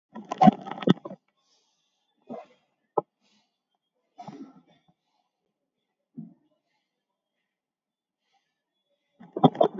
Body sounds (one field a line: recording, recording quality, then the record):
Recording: deep breathing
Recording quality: poor, much background noise or distortion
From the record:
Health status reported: COVID-19 positive, mild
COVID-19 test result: positive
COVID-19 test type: RT-PCR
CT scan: taken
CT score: 0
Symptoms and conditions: cough, cold, hypertension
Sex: male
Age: 50 years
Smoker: no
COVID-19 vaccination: one dose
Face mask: not worn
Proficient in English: yes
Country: India